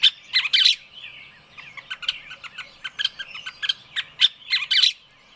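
Bird chorus with loud sharp chirps at the start, then a steady run of tweets and twittering notes overlapping throughout.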